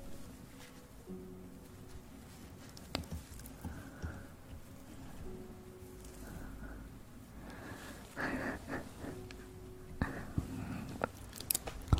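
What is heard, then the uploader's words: Muffled rubbing and soft crackling suggest eating sugar with an aloe vera gel ear massage. A low steady hum runs underneath with faint tones coming and going, while sharp clicks and crunches grow busier and louder after about eight seconds. Eating sugar, aloe vera gel ear massage.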